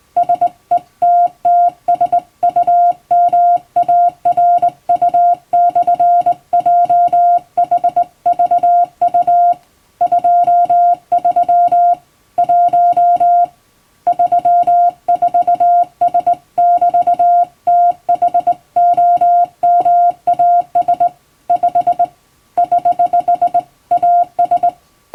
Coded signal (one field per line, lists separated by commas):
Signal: Morse code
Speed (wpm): 20 wpm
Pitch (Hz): 700 Hz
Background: music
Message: SETTSUMARU/JHVU 23 1 34S<BT>THOMAS 5 <HH> AS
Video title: 手打ちで綺麗にモールス信号を打てるとカッコイイ！練習すれば打てます！欧文モールスを欧文電報練習帳で打ってます！YouTubeの再生速度を調整して聴いてみよう(morse code practice)